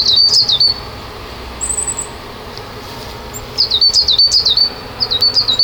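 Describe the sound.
Bird calling with rapid high-pitched chirps and tweets, a brief run at first, then a longer burst of repeated notes near the end.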